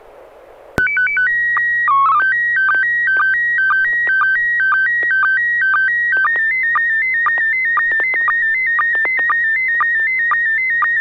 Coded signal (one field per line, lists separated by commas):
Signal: SSTV (slow-scan television)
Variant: PD 120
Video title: N6NA SSTV Net - 02/22/2023